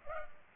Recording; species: mosquito wingbeat signal from an infrared sensor; Culex pipiens